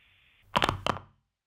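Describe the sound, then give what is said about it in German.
A telephone receiver is set down with sharp clicks: two quick clattering knocks, the second a beat after the first, following a faint hiss and hum, then silence. “Ich weiß nicht, wer von uns mit einem scharfen Klicken also den Hörer auflegte, aber ich weiß, dass es mir gleich war.”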